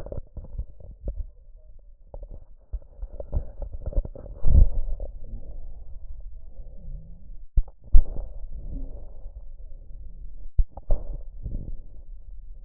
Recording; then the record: lung sounds by stethoscope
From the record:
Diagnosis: chronic bronchitis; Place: left posterior upper chest